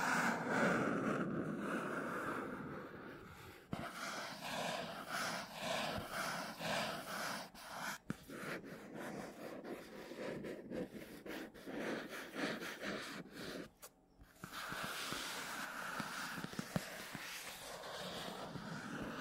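Scratchy tapping on matte surfaces forms a dense, continuous texture of rough scraping and quick taps. The sound shifts character around 3.5 seconds and again near 14 seconds, with brief dips and sharper clicks scattered throughout, staying fairly bright and busy.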